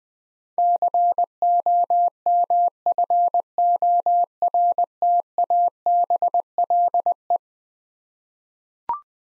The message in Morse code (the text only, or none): COMFORTABLE